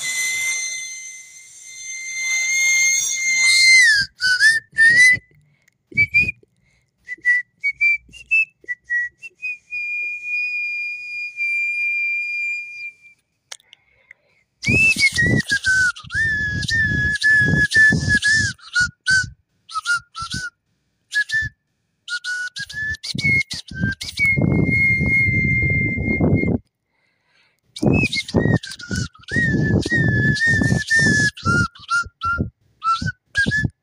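Mouth whistling in short, gliding phrases, mostly sitting around one steady pitch with quick rises, dips and warbles. Whistled stretches alternate with bursts of dense clicking and rustling noise, especially near the middle and end, with a few brief silent gaps.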